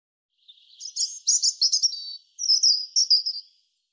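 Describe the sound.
European robin singing two high, tinkling phrases of rapid, jumbled notes with a brief gap between them, in clean, quiet surroundings.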